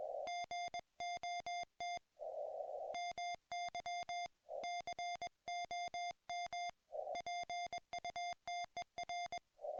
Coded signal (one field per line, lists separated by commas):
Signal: Morse code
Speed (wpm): 20 wpm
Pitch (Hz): 2100 Hz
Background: music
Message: GOT MY COMPUTER